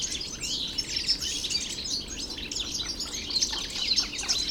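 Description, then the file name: European goldfinch twitter, a continuous stream of bright, high, buzzy chirps and trills throughout. Recorded in the Hofgarten park, Landshut, Germany, on 3 February 2015. "Stieglitz 03 02 2015 Landshut Hofgarten Susanne Rieck"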